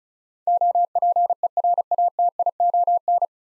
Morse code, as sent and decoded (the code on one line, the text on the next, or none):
--- .--. . .-. .- - .. --- -.
OPERATION